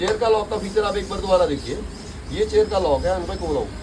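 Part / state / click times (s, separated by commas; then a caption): tilt lock lever in an office chair mechanism / not seated / none. A man talks while handling the tilt-lock lever on an office chair's mechanism, which is about to be pushed in to lock the chair so the backrest no longer tilts back. The clip ends before the lever goes home, so nothing has seated or clicked yet.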